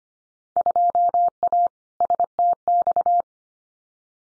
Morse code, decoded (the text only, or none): 2A STX